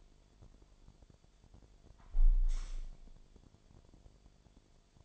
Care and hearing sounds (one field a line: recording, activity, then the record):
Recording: daily activity, microphone in the room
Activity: close window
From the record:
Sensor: 5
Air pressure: 1006.5 hPa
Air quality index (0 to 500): 186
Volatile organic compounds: 5 ppm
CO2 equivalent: 1771 ppm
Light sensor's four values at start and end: 57/161/63/63 and 57/161/63/63